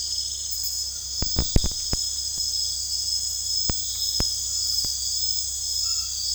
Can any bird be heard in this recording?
no